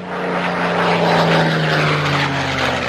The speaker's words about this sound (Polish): Samolot historyczny Harvard. Takie samoloty były wykorzystywane do szkolenia, zaawansowanego szkolenia podczas II wojny światowej przez Brytyjczyków, Kanadyjczyków i również szkolili się na tym polscy lotnicy.